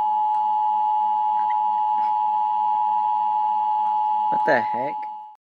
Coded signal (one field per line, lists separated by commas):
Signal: Emergency Alert System (SAME) tones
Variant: 853 and 960 Hz attention tone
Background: speech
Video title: Eas